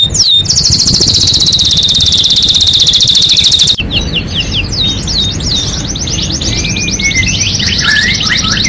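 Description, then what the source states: Domestic canary song: a long, fast, buzzy high trill lasting several seconds, then a sharp break and a run of rapid repeated chip notes with a few whistles. Singing continuously (gacor); first-place champion.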